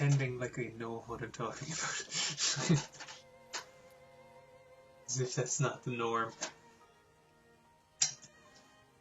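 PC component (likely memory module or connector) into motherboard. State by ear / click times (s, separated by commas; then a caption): seated / 8.0 s. During a PC build, someone talks over background music while pushing a PC component, likely a memory stick or connector, into the motherboard. It snaps home with a sharp click at 8.0 s, followed by a faint after-tap, and the part is seated the right way.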